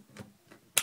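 A tablet PC is lowered very gently onto the guide pins and connector of its keyboard dock. Faint soft knocks come first, then a sharp tick at 0.8 s as it drops into place and seats, confirmed to be in the holes.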